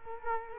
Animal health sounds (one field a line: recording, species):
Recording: mosquito wingbeat signal from an infrared sensor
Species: Culex quinquefasciatus